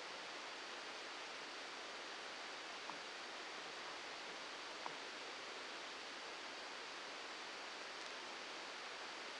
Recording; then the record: brain microelectrode recording played as sound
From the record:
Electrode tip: outside the subthalamic nucleus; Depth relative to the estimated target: 1 mm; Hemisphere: left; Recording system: NeuroSet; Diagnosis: Parkinson's disease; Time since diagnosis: 7 years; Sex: male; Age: 44 years